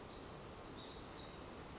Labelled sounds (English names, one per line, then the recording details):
Pacific Wren
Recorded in Sonoma County, California